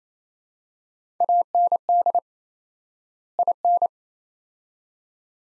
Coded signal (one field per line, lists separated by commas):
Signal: Morse code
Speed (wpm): 28 wpm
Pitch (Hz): 700 Hz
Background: none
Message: AND IN